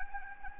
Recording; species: mosquito wingbeat signal from an infrared sensor; Anopheles gambiae